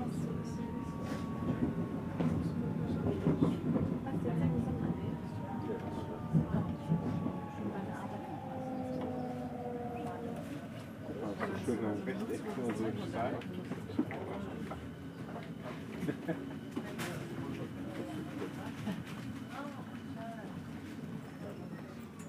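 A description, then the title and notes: Onboard a commuter train, a steady low rumble fills the car while murmured passenger voices carry throughout. Long gliding tones rise and fall in the first ten seconds, like wheels or motors, with occasional clicks and knocks from the track. Relaxing Circuit on Berlin's Ringbahn. Authentic audio recording of this unique S-Bahn trip.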